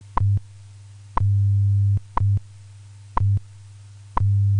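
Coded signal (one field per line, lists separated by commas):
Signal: radio time signal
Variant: WWV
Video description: WWV MARS announcement #1 earthquake relief in Haiti recorded Jan 2021 by Tyler Stampfli, KA0KA in Fort Collins, CO.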